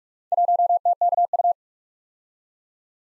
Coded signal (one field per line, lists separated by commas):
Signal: Morse code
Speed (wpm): 44 wpm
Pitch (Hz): 700 Hz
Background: none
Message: 1TKU